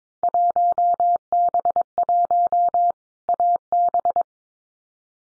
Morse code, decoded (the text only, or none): 1B1 AB